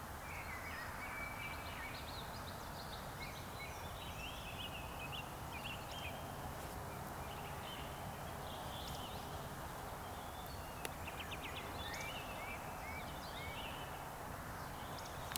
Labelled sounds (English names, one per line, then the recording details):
Eurasian Woodcock whistle
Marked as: whistle, whistle, whistle, whistle, whistle
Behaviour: display flight
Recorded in Baden-Württemberg, Germany, on 3 June 2021 at 19:31 UTC
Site 45499, 200 m above sea level